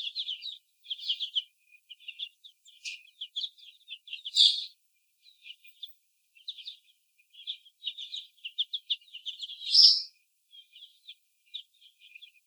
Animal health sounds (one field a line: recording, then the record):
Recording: young laying hens in a cage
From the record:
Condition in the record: before the stressor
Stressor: sudden umbrella opening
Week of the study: 2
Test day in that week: 1